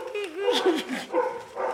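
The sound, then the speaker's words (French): Dogs on a farm bark and yip in a quick, uneven string of bursts, some sliding into higher whiny tones, fairly loud over a faint background. “C'est des chiens qui volent.”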